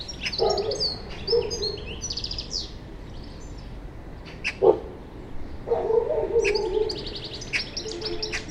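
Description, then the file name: European goldfinch calls: quick, bright twittering phrases high in pitch, scattered throughout alongside some low muffled sounds. "Carduelis carduelis"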